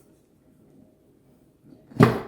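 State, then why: Seated. A metal lid is set level on a pressure canner body and pivoted until it locks in place. After a quiet, low rustling lead-in, a single sharp metallic hit sounds at 2.0 s with a short ringing tail, and the lid is seated and locked.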